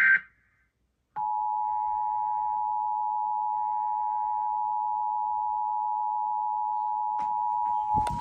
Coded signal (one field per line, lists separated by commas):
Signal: Emergency Alert System (SAME) tones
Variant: 853 and 960 Hz attention tone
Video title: (FOUND SAFE) New Jersey AMBER Alert on WNJN-DT and KTR-IP (5/9/22) (EAS 7838-7839)